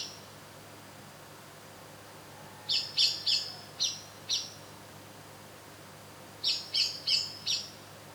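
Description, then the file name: Eurasian blackbird giving two runs of four to five sharp, high chinks, with a silent gap between the runs. "Turdus merula"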